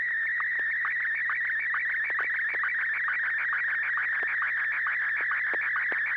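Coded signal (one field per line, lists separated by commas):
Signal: SSTV (slow-scan television)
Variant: Martin 1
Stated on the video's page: SSTV net on a 441.300 MHz FM repeater, 9 pm Wednesdays Pacific Time, using MMSSTV software.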